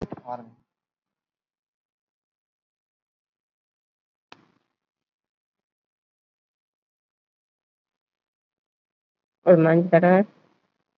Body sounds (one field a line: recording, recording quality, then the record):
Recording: shallow breathing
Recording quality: poor, much background noise or distortion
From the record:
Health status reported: COVID-19 positive, mild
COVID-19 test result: positive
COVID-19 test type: RT-PCR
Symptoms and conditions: cough, cold, fatigue, hypertension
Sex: female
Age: 58 years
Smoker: no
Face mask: worn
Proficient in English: no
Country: India